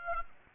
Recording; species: mosquito wingbeat signal from an infrared sensor; Aedes aegypti